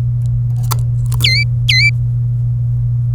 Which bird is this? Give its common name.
Domestic Canary